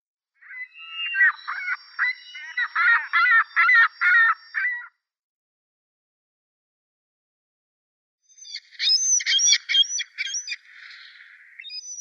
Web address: Ring-billed Gull